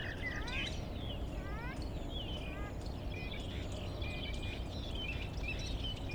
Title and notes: Goworów 6, 57-515, Poland - Starlings mimicking other species. Zainstalowały mi się za oknem szpaki i udają najróżniejsze inne dźwięki. Obok wcale nie ma stawu - to szpaki udają żaby. Tak samo z wołaniem żurawi - to słabsze głosy, ale ewidentny zaśpiew żurawia